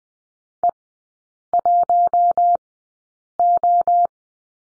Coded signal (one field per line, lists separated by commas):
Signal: Morse code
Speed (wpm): 20 wpm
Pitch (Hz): 700 Hz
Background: none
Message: E1O